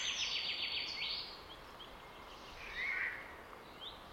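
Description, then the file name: Eurasian jay uttering a loud, grating screech at the start, then a few scattered chirps and a short whistle. "Garrulus glandarius"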